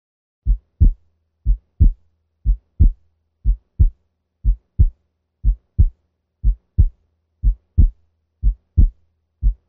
Paradoxical splitting occurs when the aortic valve closure is significantly delayed with respect to the pulmonic valve, reversing the normal sequence. P2 now precedes A2. The S2 split now increases during expiration and decreases with inspiration. Paradoxical splitting occurs with left bundle branch block and rarely with aortic stenosis. Listen first at 60 beats per minute.